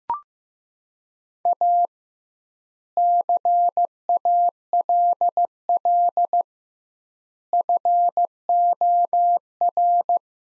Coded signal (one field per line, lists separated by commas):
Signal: Morse code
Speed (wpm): 15 wpm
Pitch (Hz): 700 Hz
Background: none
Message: A CALL FOR